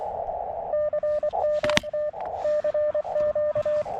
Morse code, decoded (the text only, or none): CMT CQ